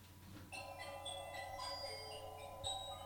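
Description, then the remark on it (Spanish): A bright electronic anti-theft alarm melody sounds from a mini fridge as it opens, a looping chime of high beeping tones, steady and fairly loud with no talking over it. The fridge plays a different sound each time it is opened. “Es una alarma antiladrones.”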